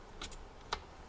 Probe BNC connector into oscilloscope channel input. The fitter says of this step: okay so we just offer it up here and then we just wrote until it clicks in okay